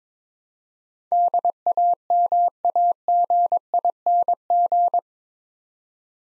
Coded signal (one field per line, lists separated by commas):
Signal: Morse code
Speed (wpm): 22 wpm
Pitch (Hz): 700 Hz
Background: none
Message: DAMAGING